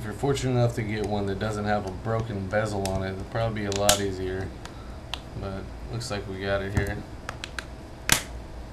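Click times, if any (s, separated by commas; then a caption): 7.3 s, 7.4 s, 7.6 s, 8.1 s. The plastic bezel clips of a NextBook NX008HD8G tablet are pressed back onto the housing around a new digitizer that replaced the broken glass, while someone talks. Sharp snaps sound at 7.3, 7.4, 7.6 and 8.1 seconds as the bezel clips seat, and the bezel is back in place.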